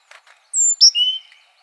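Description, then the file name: Great tit giving a single crisp phrase: a thin high whistle followed by two lower, slightly falling notes, preceded by two soft ticks. "Parus major"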